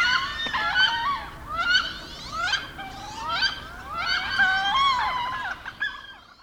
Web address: Wood Duck